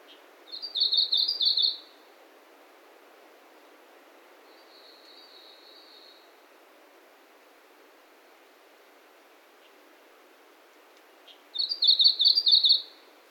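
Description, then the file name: Japanese leaf warbler song: two loud, high, buzzy rattling phrases about ten seconds apart, with a fainter similar phrase between them. Recorded at Ozenuma, Japan, on 27 August 2019. "メボソムシクイ 190827 尾瀬沼"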